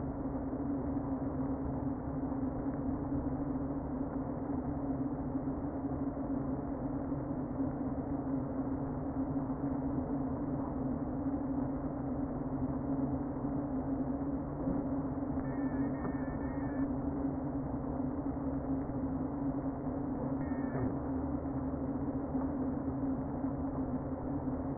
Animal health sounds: honeybee colony, microphone inside the hive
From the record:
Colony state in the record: queen present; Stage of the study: before two queens were removed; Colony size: about 60,000 bees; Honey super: yes

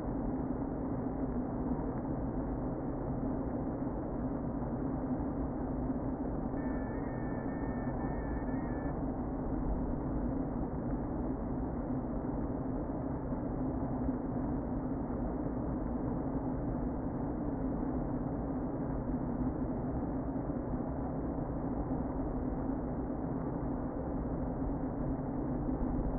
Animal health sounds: honeybee colony, microphone inside the hive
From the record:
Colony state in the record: queen present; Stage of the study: before two queens were removed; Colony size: about 60,000 bees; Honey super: yes

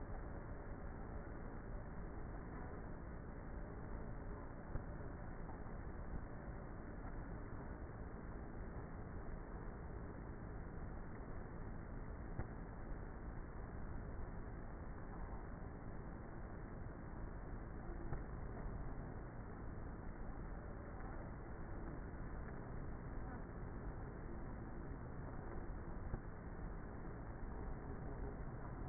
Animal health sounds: honeybee colony, microphone inside the hive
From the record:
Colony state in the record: queenless with a low population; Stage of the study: before two queens were removed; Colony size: about 30,000 bees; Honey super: no

